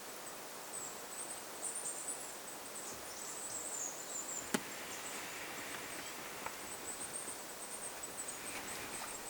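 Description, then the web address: Goldcrest calls, very high and wiry, clustered in brief trills early on and scattered later; one sharp click midway, constant soft hiss behind. Small flock of birds including goldcrests, 25 August 2026. "paivat 25 8 2026 pikkulintuparvi jossa on hippiaisia"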